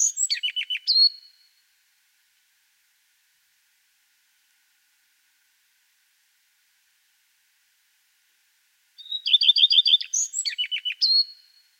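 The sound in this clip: Common redstart, two song endings of squeaky, varied notes separated by a long silence, the second verse preceded by rapid repeated phrases.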